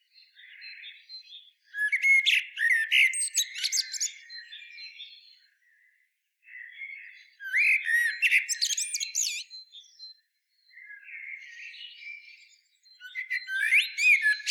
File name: Turdus merula